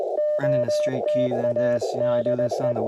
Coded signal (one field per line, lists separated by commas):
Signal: Morse code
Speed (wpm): 19 wpm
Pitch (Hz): 590 Hz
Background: speech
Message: OTA DE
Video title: WARC band activation on Contest Weeked